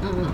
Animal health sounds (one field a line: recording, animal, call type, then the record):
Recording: contact call of a hoofed animal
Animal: wild boar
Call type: grunt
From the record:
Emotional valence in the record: negative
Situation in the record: naturally occurring agonistic interactions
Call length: 0.34 s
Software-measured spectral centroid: 1490 Hz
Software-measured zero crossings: 850 a second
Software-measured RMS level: -24 dBFS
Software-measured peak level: -14 dBFS